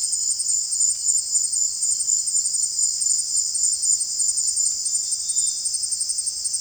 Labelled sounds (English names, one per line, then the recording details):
none
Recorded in pastures near Puerto Asís, Putumayo, Colombia, on 29 June 2025 at 18:00
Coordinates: 0.502, -76.324
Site G010